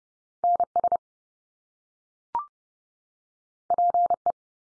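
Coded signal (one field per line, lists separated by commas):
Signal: Morse code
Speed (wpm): 30 wpm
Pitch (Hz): 700 Hz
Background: none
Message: NS PE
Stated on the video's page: Head-copy drill of Canadian province and territory names sent at 30wpm, each sent in Morse, spoken, then sent again.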